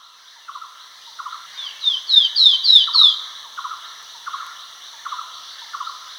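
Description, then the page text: Great iora giving repeated short buzzy pulsed notes, with a burst of clear downslurred whistles midway, over a constant high insect-like drone. "Great Iora Calls. Quick Sounds"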